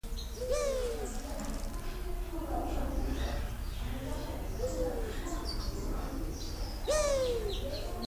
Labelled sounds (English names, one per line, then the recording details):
Beautiful Fruit Dove call
Little Spiderhunter
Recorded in captivity
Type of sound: call
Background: Arachnothera longirostra
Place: Zoo Berlin, Berlin, DE
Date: 1999-07-03 12:02
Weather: fair, 25-27°C
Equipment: Sony WM-D6C, Sennheiser ME 80, Kopie Uher 4000 Report Monitor
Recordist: Tembrock, Günter
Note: 14:06 - 15:17 min)